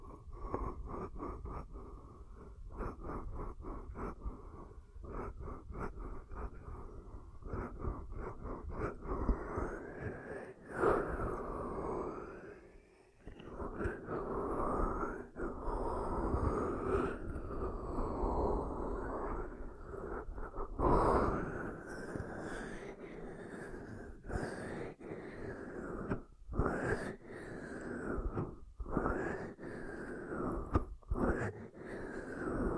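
Ear cupping sounds, muffled and low. For the first ten seconds hands pat quickly in a steady rapid rhythm; after that the cupping slows into rounded, hollow whooshes that rise and fall every second or two, with brief silent gaps between some strokes.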